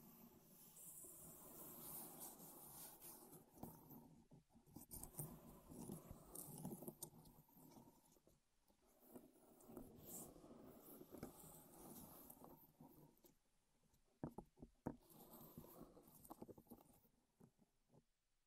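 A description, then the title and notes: Wooden objects are handled, scratched and tapped in a dense, restless stream of rubbing and rattling textures with a bright, hissy edge. The activity thins out briefly around 5 and 9 seconds, and sharper knocks stand out near 12 and 14–15 seconds before it quiets at the end. ASMR Wood Triggers in Your Ears (No Talking).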